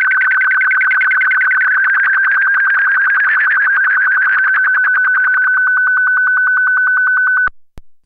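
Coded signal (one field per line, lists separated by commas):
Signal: SSTV (slow-scan television)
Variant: B/W12 mode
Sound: buzzy steady tone with rapid regular ticking, about twelve per second, lasting seven seconds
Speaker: In addition to that we have a small Christmas related picture in SSTV mode B/W12 B/W12.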